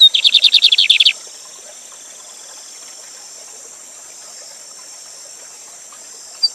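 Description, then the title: Lined seedeater giving one brief buzzy trill at the start, then only the constant high hiss of running water and a single faint note at the end. Live singing with a waterfall; teacher bird whose song is used for tutoring other birds; song type called gavião negro. "Bigode Gavião Negro Professor De Canto Cantando Ao Vivo Com Cascata"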